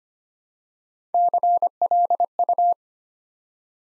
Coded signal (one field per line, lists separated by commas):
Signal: Morse code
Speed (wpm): 25 wpm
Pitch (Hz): 700 Hz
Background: none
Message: CLU